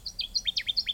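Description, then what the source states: Connecticut warbler song: a quick run of bright, slurred notes, each dropping sharply in pitch, over faint low background hiss. Song described as loud and ringing.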